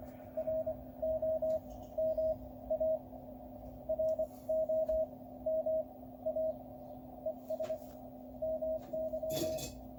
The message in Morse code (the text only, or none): ROMA ROMA ES MY